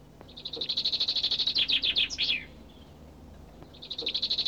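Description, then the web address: Bird song: a long, rapid, buzzy high trill that ends in falling notes, then another trill begins. "audio animali uccelli 03 uccelli birds 08"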